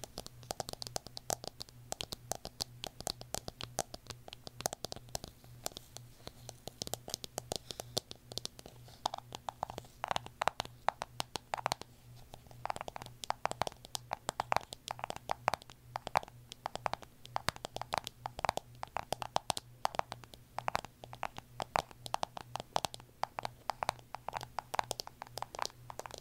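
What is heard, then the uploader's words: ASMR tapping: quick, crisp taps fall in dense, uneven bursts for the whole stretch, with a few scratchy touches mixed in. From about ten seconds on, many taps carry a short ringing tone. A low, steady hum runs underneath throughout. ASMR Tapping For Sleep (No Talking).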